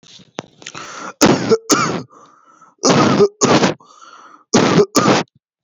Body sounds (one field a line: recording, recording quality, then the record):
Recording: heavy voluntary cough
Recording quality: excellent, no background noise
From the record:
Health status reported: healthy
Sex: male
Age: 21 years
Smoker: no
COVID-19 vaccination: both doses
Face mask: not worn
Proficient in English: yes